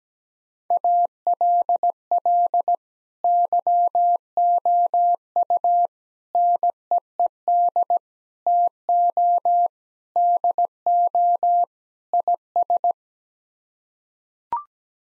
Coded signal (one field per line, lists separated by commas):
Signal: Morse code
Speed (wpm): 17 wpm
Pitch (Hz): 700 Hz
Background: none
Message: ALL YOU NEED TO DO IS